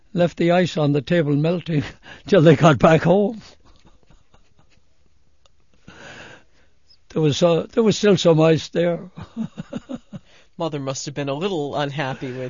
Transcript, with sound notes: Left the ice on the table melting 'til they got back home. (laughing) There was still some ice there. (laughing)
Mother must have been a little unhappy with you.